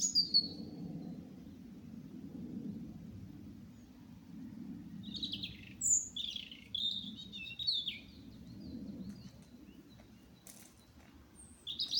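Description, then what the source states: Bird song with scattered high chirps and short warbled phrases mid-way and at the end, over a steady low rumbling background. Recorded at Olesa de Bonesvalls.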